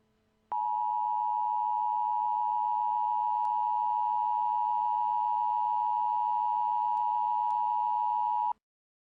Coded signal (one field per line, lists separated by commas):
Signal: Emergency Alert System (SAME) tones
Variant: 853 and 960 Hz attention tone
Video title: EAS Scenario - The 2nd Great Chicago Fire